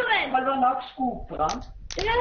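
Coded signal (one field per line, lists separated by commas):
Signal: none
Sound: game's beeps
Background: speech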